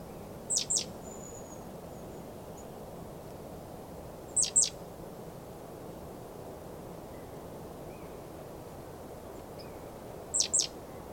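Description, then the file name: Great tit calls as short, high, paired notes, repeated roughly every four to six seconds, against a continuous low background noise. "Parus major"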